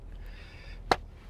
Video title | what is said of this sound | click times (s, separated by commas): Folding Frenzy: Testing the Latest Compact Gadgets | mean, you can still fold as long as you don't mind it not latching. | none